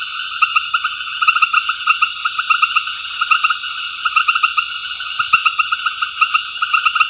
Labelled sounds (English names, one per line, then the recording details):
none
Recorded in dense forest near Puerto Asís, Putumayo, Colombia, on 19 February 2024 at 20:00
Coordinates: 0.496, -76.326
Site G6383